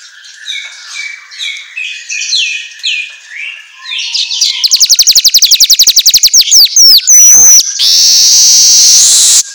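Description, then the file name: Asian golden weaver song: soft chattering phrases rise into a very fast high buzzy trill, a sharp whistle, then a long loud hiss. Track meant for training songbirds to sing eagerly (auto gacor). "Suara Kicau Manyar Kepala Emas Auto Gacor"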